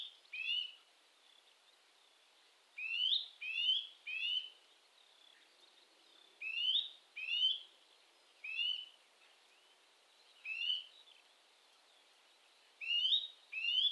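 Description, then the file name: Eurasian nuthatch calls: rising whistled notes delivered in loose bursts of two or three, separated by short silences, over a quiet background. "Sitta europaea"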